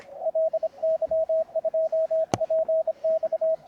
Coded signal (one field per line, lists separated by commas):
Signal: Morse code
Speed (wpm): 27 wpm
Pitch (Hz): 640 Hz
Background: radio noise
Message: LY2PX